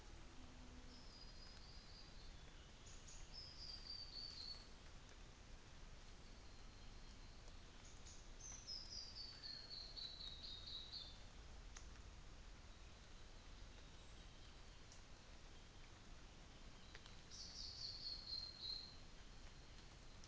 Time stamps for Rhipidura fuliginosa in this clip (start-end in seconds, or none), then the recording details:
none. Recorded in New Zealand on 24 December 2018. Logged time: 10:15